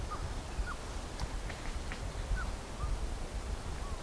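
Bird calls: brief down-slurred whistled notes given singly at irregular intervals, with a few faint higher chips and a constant low rumbling background.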